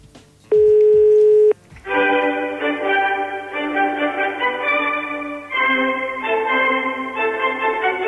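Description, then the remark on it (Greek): A telephone dial tone hums steadily at one pitch for about a second, followed by a continuous run of buzzy electronic tones that step between pitches as a call is placed to the Maximos Mansion, the Greek prime minister's office. No one speaks. “Επειδή ήταν λίγο ακραίο αυτό που ακούστηκε εδώ, θα πάρουμε τηλέφωνο στο Μέγαρο Μαξίμου για να κάνουμε μια αποκατάσταση.”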